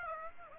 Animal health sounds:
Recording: mosquito wingbeat signal from an infrared sensor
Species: Aedes aegypti

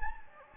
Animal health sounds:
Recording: mosquito wingbeat signal from an infrared sensor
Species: Anopheles gambiae

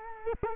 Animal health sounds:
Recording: mosquito wingbeat signal from an infrared sensor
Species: Culex quinquefasciatus

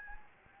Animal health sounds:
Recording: mosquito wingbeat signal from an infrared sensor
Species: Anopheles gambiae

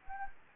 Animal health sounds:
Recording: mosquito wingbeat signal from an infrared sensor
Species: Anopheles gambiae

